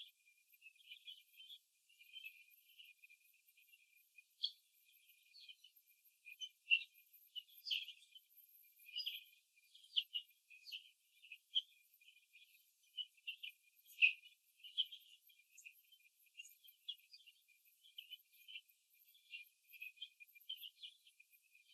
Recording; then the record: young laying hens in a cage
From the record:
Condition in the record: before the stressor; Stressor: simulated dog barking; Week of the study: 2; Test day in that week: 3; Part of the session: 2